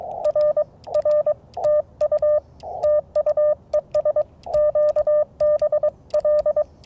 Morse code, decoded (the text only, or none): R R TU TU ES QB L